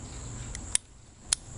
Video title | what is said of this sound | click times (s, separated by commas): Complete Uzi Build - Part 1 | it locks into place | 1.3 s